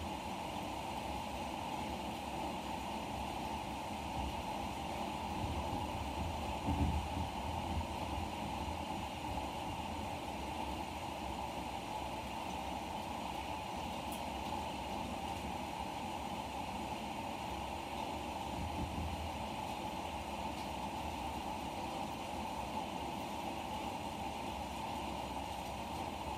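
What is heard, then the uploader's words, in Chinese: A rain shower pours down in a steady, dense rush, a continuous wash of hiss with a low rumbling undertone. The level barely changes across the whole stretch, apart from a brief low thump around seven seconds. 今天即将开始远行前下了一场雷阵雨，。这场阵雨到雨停的过程。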